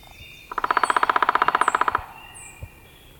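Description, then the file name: Downy Woodpecker giving a rapid, steady run of many sharp notes lasting about one and a half seconds, with thin high calls of other birds. "Picoides pubescens - Downy Woodpecker"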